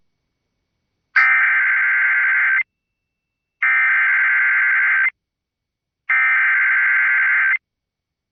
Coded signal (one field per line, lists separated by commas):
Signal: Emergency Alert System (SAME) tones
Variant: header bursts